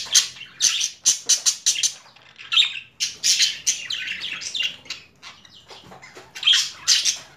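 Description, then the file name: Budgerigar squawks, a string of sharp harsh calls repeated irregularly, some run together into grating chatter. Female budgerigar; mixed sounds. "Karisik Sesler Disi Muhabbet Kusu Sesi"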